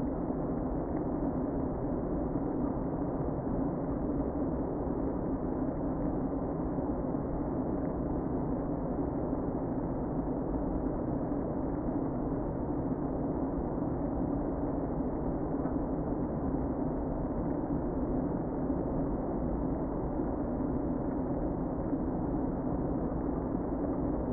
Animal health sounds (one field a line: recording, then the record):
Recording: honeybee colony, microphone inside the hive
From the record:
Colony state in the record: queen present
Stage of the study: before two queens were removed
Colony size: about 60,000 bees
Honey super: yes